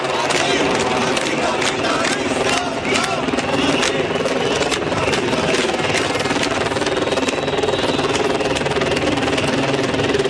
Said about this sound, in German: Wir hören hier Hubschrauber. Teilweise waren zwei Hubschrauber im Einsatz über dem Zentrum von Barcelona.